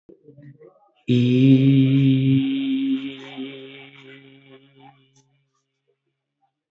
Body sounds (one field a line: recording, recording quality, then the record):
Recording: sustained vowel as in beet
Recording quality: excellent, no background noise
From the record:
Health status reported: healthy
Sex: male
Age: 54 years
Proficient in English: yes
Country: India